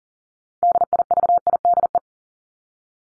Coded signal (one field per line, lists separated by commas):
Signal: Morse code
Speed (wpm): 40 wpm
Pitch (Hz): 700 Hz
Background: none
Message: DIVIDE